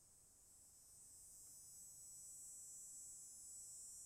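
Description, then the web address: Cicadas buzzing, a steady high-pitched shrill drone holding continuously throughout, slowly swelling slightly in loudness, with a faint low hum underneath. "Debarup Travel Films 21-Cicadas Buzzing"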